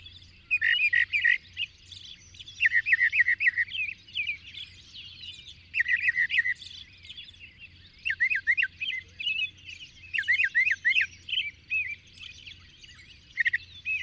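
Bird song delivered in short twittering bursts every couple of seconds, with looping slurred notes, over a constant low hum.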